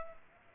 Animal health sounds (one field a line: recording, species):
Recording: mosquito wingbeat signal from an infrared sensor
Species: Culex pipiens